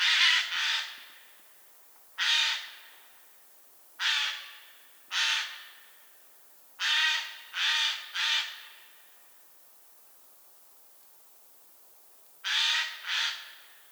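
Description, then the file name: Eurasian jay giving harsh, rasping screeches, singly, in pairs or in a run of three, spaced irregularly with pauses of one to four seconds between bursts. "Garrulus glandarius"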